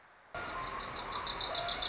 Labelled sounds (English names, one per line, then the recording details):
Wilson's Warbler
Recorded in Sonoma County, California